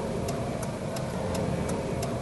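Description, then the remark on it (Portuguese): A car's turn signal clicks in a steady, even rhythm, about six sharp ticks in two seconds, over a constant low hum of engine and road noise. “É o barulho da seta, né? O barulho da seta que você usa ou deveria usar cada vez que vai virar uma esquina, fazer uma conversão, trocar de faixa, sabe?”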